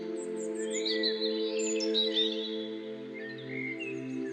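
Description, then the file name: Bird: birdsong of whistled and chirping phrases over an unbroken low droning hum. Birdsong used as an alarm tone. "halytysaani linnunlaulu"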